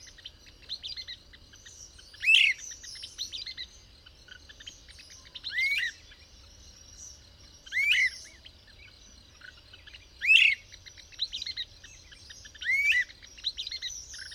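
Bird song of five loud, similar swooping phrases repeated about every two to three seconds, with soft chirps in between.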